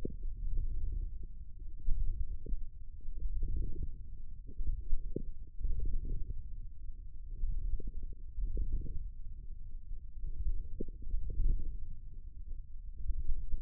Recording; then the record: forearm muscle sounds (acoustic myography)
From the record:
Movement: forearm pronation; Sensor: system 1, eight BSWA MPA416 microphones around the upper forearm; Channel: 6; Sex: male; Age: 28 years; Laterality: right